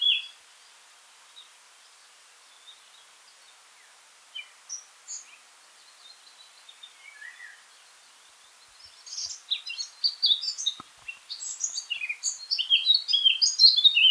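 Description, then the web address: Eurasian blackcap song: scattered soft single notes for several seconds, then a dense, rapid warble of high, varied notes building strongly toward the end. "pub SETE data Sylvia atricapilla"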